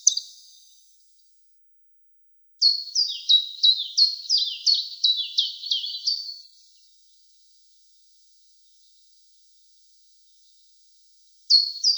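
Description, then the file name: Common chiffchaff singing: one short high note, a pause, then a quick phrase of about a dozen alternating chiff-chaff notes, silence, and the start of another phrase. East European subspecies. "Penochka-tenkovka vostochno-evropejskij podvid"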